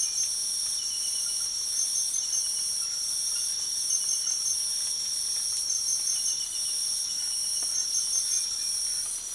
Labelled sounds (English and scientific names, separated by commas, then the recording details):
none
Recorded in pastures near Puerto Asís, Putumayo, Colombia, on 12 March 2025 at 03:30
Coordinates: 0.497, -76.327
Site G072